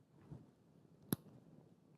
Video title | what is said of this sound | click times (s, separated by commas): Digital mixers' channel strip (week 3) | and when you know that is in when you hear the click sound | 1.1 s